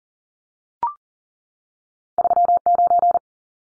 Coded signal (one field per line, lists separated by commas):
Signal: Morse code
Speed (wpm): 40 wpm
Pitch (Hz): 700 Hz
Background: none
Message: 39